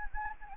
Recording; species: mosquito wingbeat signal from an infrared sensor; Anopheles gambiae